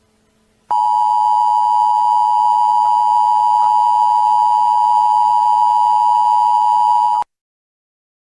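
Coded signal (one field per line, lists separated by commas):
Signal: Emergency Alert System (SAME) tones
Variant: 853 and 960 Hz attention tone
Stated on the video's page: Fictional EAS scenario about a mistaken alien attack, a simulated alert.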